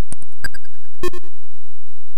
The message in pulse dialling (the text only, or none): none